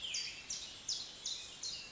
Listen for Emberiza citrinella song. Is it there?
no